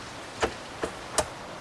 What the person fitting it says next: Get it clicked in, and then it clicks into place, and that's it.